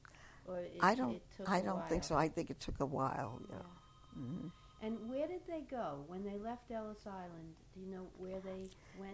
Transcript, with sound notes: or if it took a while?
I don't think so. I think it took a while. Yeah. ( a telephone rings )
And where did they go? When they left Ellis Island, do you know where they went?